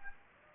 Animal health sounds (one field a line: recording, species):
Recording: mosquito wingbeat signal from an infrared sensor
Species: Aedes aegypti